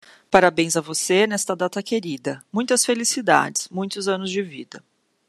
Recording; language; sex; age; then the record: short text; Brazilian Portuguese; female; 30 to 39 years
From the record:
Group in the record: control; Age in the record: 36 years